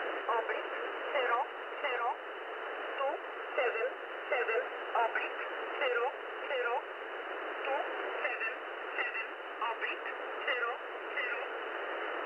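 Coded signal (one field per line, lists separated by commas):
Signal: numbers station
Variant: E11 Oblique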